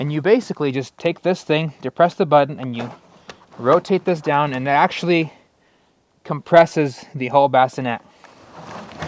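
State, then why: Seated. Someone talks while the frame of a Thule bassinet is rotated down with its button held to fold it flat. The folding hinge clicks into its folded position at 8.3 s and 8.9 s, locking the bassinet flat.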